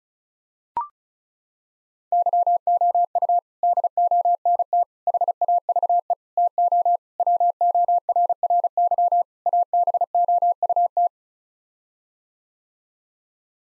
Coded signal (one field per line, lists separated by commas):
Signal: Morse code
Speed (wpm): 36 wpm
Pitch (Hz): 700 Hz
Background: none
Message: YOU DONT HAVE TO WORRY ABOUT